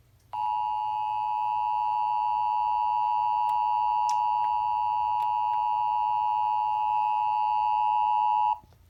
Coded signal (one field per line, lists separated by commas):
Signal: Emergency Alert System (SAME) tones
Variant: 853 and 960 Hz attention tone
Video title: EAS alerts from 12/8/20 - 12/9/20 EAS# 395 - 399